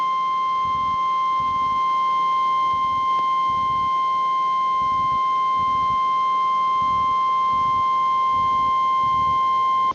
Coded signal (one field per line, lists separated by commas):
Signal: Emergency Alert System (SAME) tones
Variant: 1050 Hz attention tone